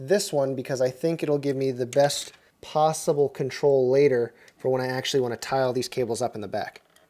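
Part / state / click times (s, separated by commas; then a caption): power cable plug into drive or motherboard connector / not seated / none. Someone talks while handling a power cable plug for a drive or motherboard connector, with a faint short tick near 7.0 s. The plug has not seated or clicked yet. It is later pushed in all the way and snaps into place.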